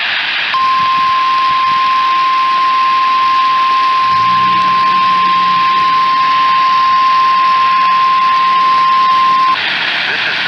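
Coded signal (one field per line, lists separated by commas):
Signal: Emergency Alert System (SAME) tones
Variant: 1050 Hz attention tone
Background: speech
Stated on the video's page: Real EAS alerts including test alerts.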